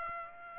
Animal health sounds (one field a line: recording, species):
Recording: mosquito wingbeat signal from an infrared sensor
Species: Aedes aegypti